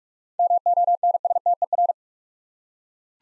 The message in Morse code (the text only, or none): MONSTER